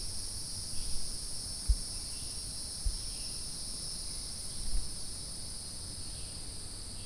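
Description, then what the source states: Hieroglyphic cicada chorus: an even, sustained high buzzing hum with no pauses, plus a low background rumble and a few soft thumps. A chorus of cicadas calling together.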